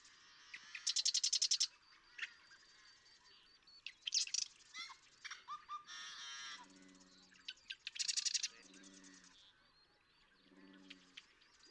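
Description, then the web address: Marsh Wren songs: several short rattling trills with ticking notes between, while a low repeated croaking or chuckling call sounds three times underneath. "birdsongforthecurious Marsh Wren"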